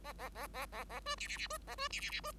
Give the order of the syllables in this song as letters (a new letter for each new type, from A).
A A A A A A B C C C B A B C C C B